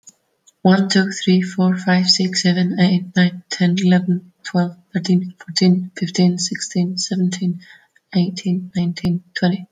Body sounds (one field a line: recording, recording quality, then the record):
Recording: counting at a fast pace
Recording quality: excellent, no background noise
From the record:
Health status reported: healthy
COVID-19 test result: negative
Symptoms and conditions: none ticked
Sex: female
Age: 35 years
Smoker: yes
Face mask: not worn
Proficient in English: yes